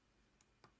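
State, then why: Not seated. While a broken iPhone 5s screen is being replaced, the last flex cable connector is handled over its logic board socket after a struggle to find where it clips in. Two brief, faint ticks are heard at about 0.4 and 0.6 seconds against low background noise. Nothing has seated or clicked yet.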